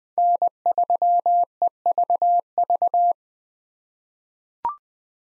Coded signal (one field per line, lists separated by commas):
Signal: Morse code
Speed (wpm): 20 wpm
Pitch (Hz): 700 Hz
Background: none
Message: N3EVV